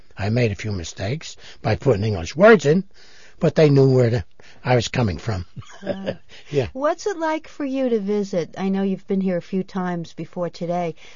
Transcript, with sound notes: I made a few mistakes by putting English words in, but they knew where I was coming from. (laughs) Yeah.
What's it like for you to visit? I know you've been here a few times before today.